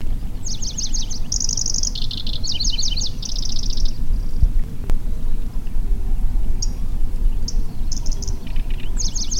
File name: Golosa ptic - Pevchij sverchok Locustella certhiola